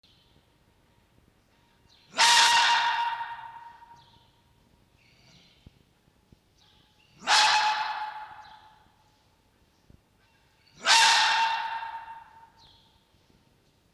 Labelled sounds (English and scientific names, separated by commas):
Red Fox (Vulpes vulpes)